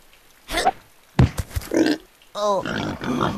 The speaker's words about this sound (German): Ach du Scheiße. Die Schweine greifen an. Retten sich, wer kann.